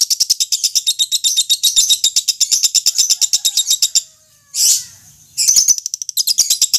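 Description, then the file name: Lovebird chatter of fast, high buzzy chirps, a short pause with a brief squeak, then the rapid twittering resumes. Fretty-type lovebird, owned by Om Barnas. "audio lovebird fretty milik om barnas"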